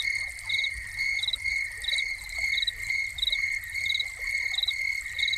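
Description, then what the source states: Shrill continuous cricket song with crisp chirps repeating evenly, and a soft constant hiss of running water beneath. Soundscape of crickets with a fountain.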